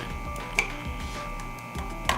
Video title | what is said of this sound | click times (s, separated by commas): Samsung DA61-01914A Ice Cover Spring Replacement GE Profile PFSS9PKYASS Refrigerator How to Fix | there you go. Pops right in. | 0.6 s, 2.1 s